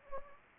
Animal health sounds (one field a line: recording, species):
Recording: mosquito wingbeat signal from an infrared sensor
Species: Anopheles gambiae